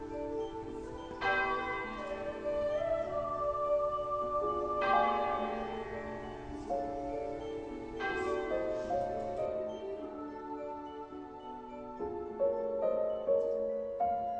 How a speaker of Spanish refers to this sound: El paisaje verde nada en la alumbrarada florida y soñolienta, y en el azul limpio que se encuadra el muro astroso, suena, tejada y dulce, una campana.